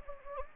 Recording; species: mosquito wingbeat signal from an infrared sensor; Anopheles gambiae